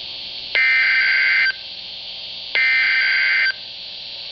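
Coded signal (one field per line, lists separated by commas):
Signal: Emergency Alert System (SAME) tones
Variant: header bursts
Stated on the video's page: NWS Tropical Storm Warning and Hurricane Warning with doubled header, recorded off NOAA Weather Radio station KEC83.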